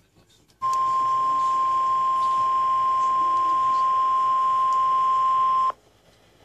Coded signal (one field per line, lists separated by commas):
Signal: Emergency Alert System (SAME) tones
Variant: 1050 Hz attention tone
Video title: TV EAS 20 and Radio EAS 12 - SVA 10